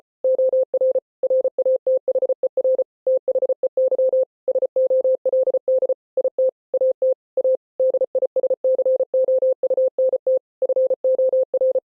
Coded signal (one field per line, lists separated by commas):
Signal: Morse code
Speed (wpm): 33 wpm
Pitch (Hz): 520 Hz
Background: none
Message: OR RATHER THEY SOLD IT AT A DISCOUNT FOR